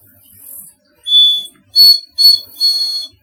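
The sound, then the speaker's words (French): A person whistles an imitation of a bird song heard nearby, trying to attract a bird: a soft opening note, then four bright, high whistled phrases, short and clipped, the last one longer and warbling. “T'essayes d'attirer un oiseau en reproduisant l'un des chants que tu entends autour de toi, c'est cela ?”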